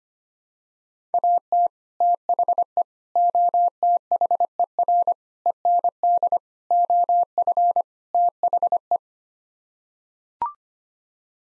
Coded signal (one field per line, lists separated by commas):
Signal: Morse code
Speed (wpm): 25 wpm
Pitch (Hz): 700 Hz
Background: none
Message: AT THE OTHER END OF THE